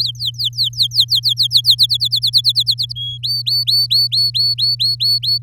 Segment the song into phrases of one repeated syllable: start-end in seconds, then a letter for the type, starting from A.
0.00-1.75 A, 1.78-2.92 B, 2.96-3.18 C, 3.23-5.38 D